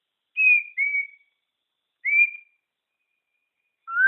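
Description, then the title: Shama whistles: a few clear whistled notes spaced by pauses, with another note starting at the end. Bornean form (murai Borneo). "MURAI BORNEO MAS KIKI"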